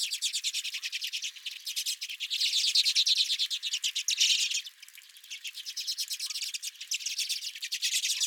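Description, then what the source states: Redpoll flock chatter, continuous rapid twittering and buzzy notes rising to a dense peak midway, then thinning briefly before building again. Several redpolls at the recordist's own feeder.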